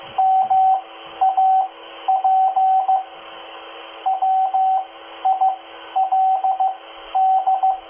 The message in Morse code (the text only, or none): MAP WILD